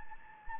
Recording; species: mosquito wingbeat signal from an infrared sensor; Anopheles gambiae